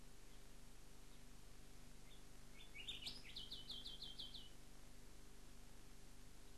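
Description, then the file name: Rufous whistler song: a rapid series of sharp whistled notes, rising then repeated in a quick even run lasting about two seconds, over steady low background hum. "Rufous Whistler rushck"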